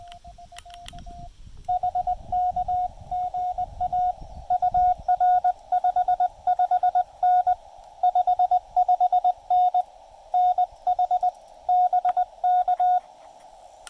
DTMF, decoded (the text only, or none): none